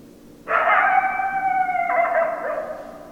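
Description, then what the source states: Coyote howling: a long level harmonic note that breaks sharply near the end into a rougher, wavering tail. Recorded 10 December 2012; coyotes, plural.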